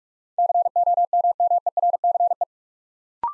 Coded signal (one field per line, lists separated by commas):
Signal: Morse code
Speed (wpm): 44 wpm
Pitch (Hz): 700 Hz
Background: none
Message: COMMERCE